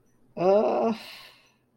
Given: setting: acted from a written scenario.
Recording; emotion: vocal sound without words; embarrassment